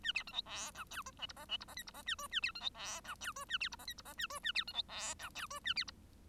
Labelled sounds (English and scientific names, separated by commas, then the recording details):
Bengalese Finch (Lonchura striata domestica) song
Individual Bird1